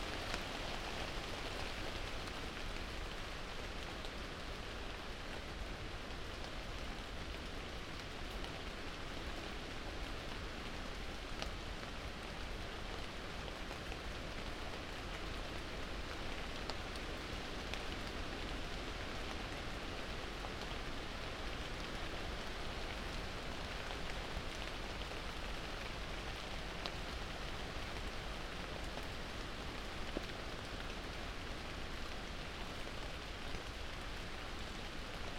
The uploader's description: the rain as it falls, on a wide open coastal landscape, a walled garden in London, and on high moorland woods in Derbyshire